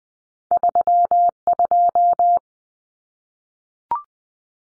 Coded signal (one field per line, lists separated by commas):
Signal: Morse code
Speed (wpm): 20 wpm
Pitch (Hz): 700 Hz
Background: none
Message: 32